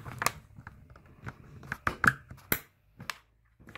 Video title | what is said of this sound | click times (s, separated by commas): NETGEAR Nighthawk AC1900 R7000 Initial Setup And Config | and satisfying click now | 1.9 s